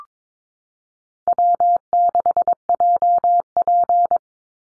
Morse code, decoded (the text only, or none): W6JP